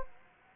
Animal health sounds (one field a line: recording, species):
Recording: mosquito wingbeat signal from an infrared sensor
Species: Anopheles gambiae